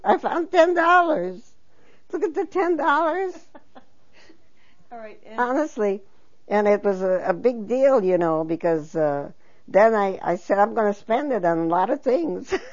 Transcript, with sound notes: I found ten dollars! Look at the ten dollars!" ( they laugh ) And it was a big deal, you know, because then I said, "I'm going to spend it on a lot of things."